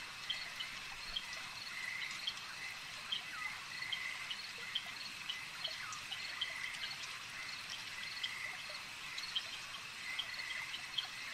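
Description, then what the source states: Insect chorus of continuous high buzzing, dotted with scattered faint chirps and clicks from start to finish. A swarm of insects.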